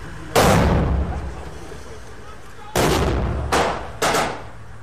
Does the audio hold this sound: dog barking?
no